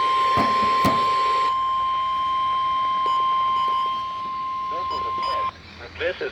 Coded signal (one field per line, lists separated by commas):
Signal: Emergency Alert System (SAME) tones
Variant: 1050 Hz attention tone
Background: speech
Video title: EAS/NWR Alert or message #533-535: Kentucky and Indiana Tornado Drills including a Tornado Warning